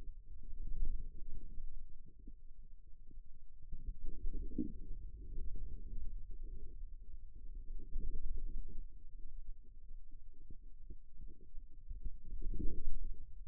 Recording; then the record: forearm muscle sounds (acoustic myography)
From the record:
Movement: radial deviation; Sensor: system 2, bracelet of six BSWA MPA416 microphones around the upper forearm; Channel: 5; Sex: male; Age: 22 years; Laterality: right